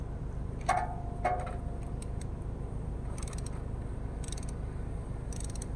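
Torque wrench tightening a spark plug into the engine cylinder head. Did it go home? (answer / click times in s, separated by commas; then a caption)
yes / 0.7 s. A torque wrench set in foot-pounds tightens a spark plug into the cylinder head of a 2017 Toyota RAV4 2.5 until it clicks at its setting at 0.7 s. A second, softer metallic hit follows at about 1.3 s, and brief light ratcheting ticks sound around 3.2–3.5 s, 4.3 s and 5.4–5.6 s. The plug is confirmed torqued to spec.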